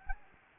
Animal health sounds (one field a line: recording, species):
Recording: mosquito wingbeat signal from an infrared sensor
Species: Anopheles gambiae